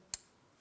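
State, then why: Seated. A wiring harness electrical connector is pressed onto the new oil pressure switch of a 2007-2014 Ford Edge 3.5L V6, and its plastic locking tab snaps home. A single sharp, bright click sounds at 0.1 s, followed by quiet. The connector is seated.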